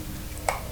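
A plastic cover piece is pressed back onto the desktop charging cradle of an ICOM ID-52A handheld radio after the charging cord is routed through the socket. A short, bright snap is heard at 0.5 s, and the cover seats and locks in place.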